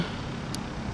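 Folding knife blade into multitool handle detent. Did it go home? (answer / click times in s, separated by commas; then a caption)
yes / 0.5 s. A custom 1/8 in O1 tool steel blade with a convex grind, a 90° spine and no serrations is folded closed into the handle of a Leatherman Signal multitool; it locks up on the liner lock when open and sits a little higher than the original blade. Over steady broadband background noise, a single short, bright click sounds at 0.5 s as the ball detent catches the blade. The blade seats and is held closed.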